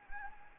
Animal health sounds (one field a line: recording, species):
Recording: mosquito wingbeat signal from an infrared sensor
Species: Anopheles gambiae